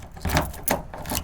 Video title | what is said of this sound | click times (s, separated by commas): Pop & Lock Tailgate Handle Broke and Won't Release - Fixed | I heard it click so hopefully that'll work | 0.4 s